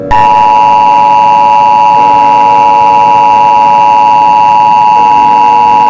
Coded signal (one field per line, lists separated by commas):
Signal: Emergency Alert System (SAME) tones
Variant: 853 and 960 Hz attention tone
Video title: EAS Scenario: Nuclear War